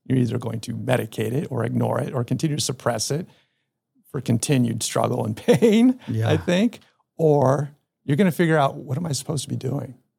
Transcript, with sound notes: You’re either going to medicate it or ignore it or continue to suppress it for continued struggle and… [laughs] I think, or you’re gonna figure out, “What am I supposed to be doing,